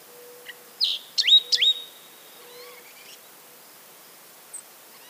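Green-tailed towhee giving a few short, upswept mewing notes that level into thin, steady whistles, over a faint low hum and quiet background hiss.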